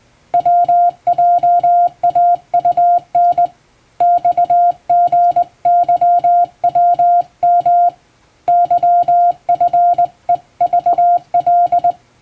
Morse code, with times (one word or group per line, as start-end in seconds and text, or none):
0.3-3.5 WJAUN
4.0-7.9 XGYWM
8.5-11.9 YFEVL